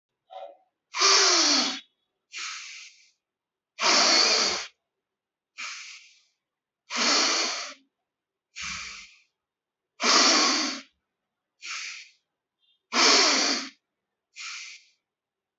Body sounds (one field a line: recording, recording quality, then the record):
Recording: deep breathing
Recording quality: excellent, no background noise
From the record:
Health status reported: respiratory illness, not identified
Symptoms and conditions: none ticked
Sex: male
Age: 21 years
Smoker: not ticked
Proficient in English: yes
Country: India